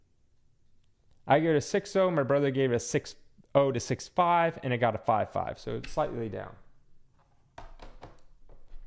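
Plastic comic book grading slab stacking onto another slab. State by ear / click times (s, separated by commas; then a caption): seated / 7.6 s. A hard plastic graded comic book slab is set onto another slab and the two interlock. Someone talks about grades, then a sharp thunk at 7.6 seconds marks the slab locking into place, followed by a few quieter clicks.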